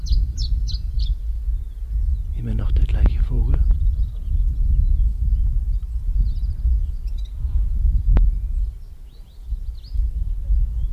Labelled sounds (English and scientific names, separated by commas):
Canary Islands Chiffchaff (Phylloscopus canariensis) song